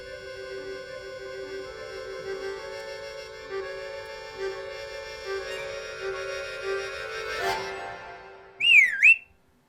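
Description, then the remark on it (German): A bird whistles: a long, steady high tone held for several seconds, then a short, loud burst of quick rising and falling chirps at the end. No one speaks. “Pfeif mal schön.”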